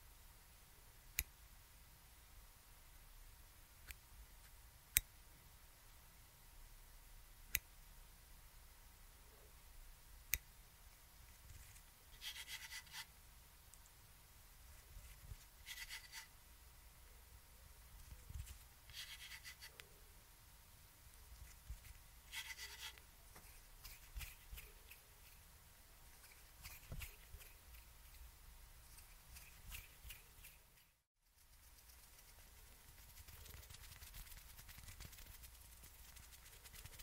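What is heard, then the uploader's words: Scissors and hand movements make sharp snips and clicks, sparse early, then brushing rustles in bursts, with a brief silent gap near thirty-one seconds. HAND MOVEMENTS, SCISSORS.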